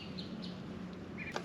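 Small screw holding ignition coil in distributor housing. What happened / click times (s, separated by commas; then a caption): Screwdriver may have slipped out of a small screw head / 0.2 s, 1.4 s. A small screw holding the ignition coil inside the distributor housing of an '88 CRX Si is being unscrewed, one of two such screws. Over a steady low hum, sharp metallic hits sound at 0.2 s and 1.4 s. The screw head strips while being removed, as the screws are soft like putty.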